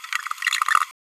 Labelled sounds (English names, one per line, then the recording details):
Green-rumped Parrotlet babbling
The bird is a female
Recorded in a nest box in Venezuela
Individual 17B31A3